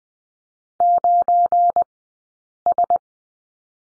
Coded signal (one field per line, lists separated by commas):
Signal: Morse code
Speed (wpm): 20 wpm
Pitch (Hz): 700 Hz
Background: none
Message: 9S